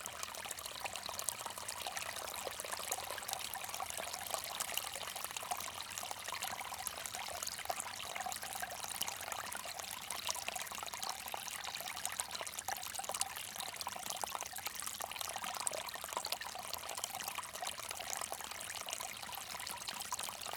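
A bamboo water fountain trickles steadily, its thin stream of water splashing and dribbling without pause for the whole stretch. The sound is bright and close, a dense, even patter with little low end and no distinct separate events.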